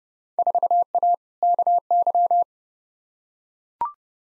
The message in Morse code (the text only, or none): 4A KY